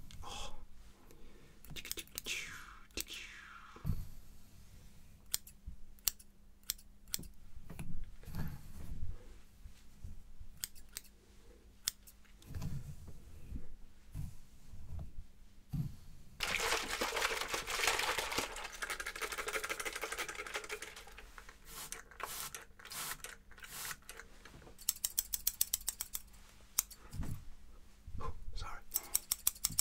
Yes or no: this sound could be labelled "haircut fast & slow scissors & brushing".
yes